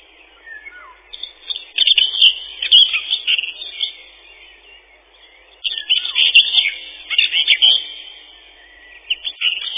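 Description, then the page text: Common whitethroat song: short scratchy, chattering warbles of one and a half to two seconds, given twice with a pause between, plus a brief start of a third; soft descending whistles faintly behind. Song described as a twittering 'tirli-vi-tir-li-chet-chit-chitirli'; also called the chatterer warbler. "Серая славка, или славка-говорунчик — Sylvia communis. Пение. Песня — щебетание “тирли-ви-тир-ли-чет-чит-читирли”"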